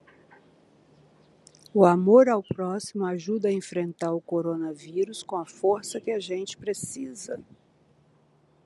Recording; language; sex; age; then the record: spoken sentence; Brazilian Portuguese; female; 60 to 69 years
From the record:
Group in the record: control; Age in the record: 64 years